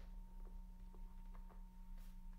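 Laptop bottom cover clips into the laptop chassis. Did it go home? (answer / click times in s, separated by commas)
no / none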